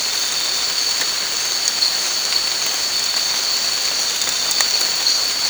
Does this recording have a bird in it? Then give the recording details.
no. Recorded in dense forest near Puerto Asís, Putumayo, Colombia, on 19 March 2025 at 23:00. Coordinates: 0.485, -76.318. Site G056